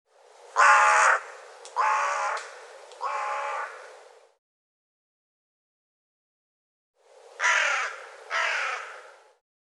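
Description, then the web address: Bird giving harsh, cawing calls: three rough notes in quick succession, a silent gap of about three seconds, then two more similar caws. "cianscape birddata Deverinetal 2025"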